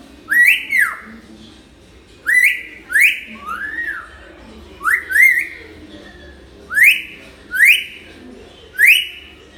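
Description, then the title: Hill myna whistles, several loud rising whistles, some in quick pairs, repeated throughout. Tutor recording of a vocal hill myna used for training other birds to sing. "Suara Burung Beo Gacor Cocok Untuk Masteran"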